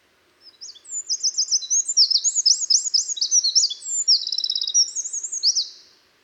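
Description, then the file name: Eurasian wren song, a loud, rapid outpouring of shrill trills and quick up-down notes, including a buzzy rattled section, lasting around five seconds. "Troglodytes troglodytes"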